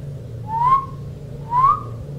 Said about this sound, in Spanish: Alguien silbó entre los árboles. El tipo de la otra camioneta, el que había salido después.